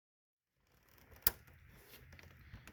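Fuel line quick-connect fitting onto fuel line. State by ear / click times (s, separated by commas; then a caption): seated / 1.3 s. A new fuel line's quick-connect fitting is pressed onto its metal line until its four internal tabs snap around the fitting. After some soft handling noise, a sharp, bright click rings out at 1.3 seconds, followed by faint rustling and a few small taps. The fitting is seated.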